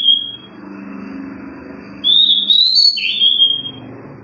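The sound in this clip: Seychelles magpie-robin gives a clipped whistle, then a fuller phrase of rising and falling clear notes over a steady low rumble.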